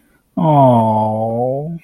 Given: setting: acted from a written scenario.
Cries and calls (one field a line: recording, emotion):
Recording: vocal sound without words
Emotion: sympathy